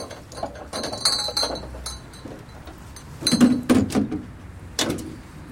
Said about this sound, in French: Et regarde, il y a un mini-bar. Mini-bar ? C'est l'occasion de trinquer. Whisky glaçon ? Whisky glaçon. Attends, je m'en occupe.